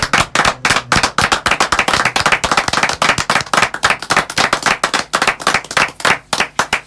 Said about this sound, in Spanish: Los aplausos van en vivo. ¿Y saben por qué? Me tienen que contestar. ¿Por qué? Porque los aplausos nacen en el alma... pasan por nuestro corazón y ¿dónde terminan? En nuestras manos. Por eso este aplauso es para Cabeza Mil.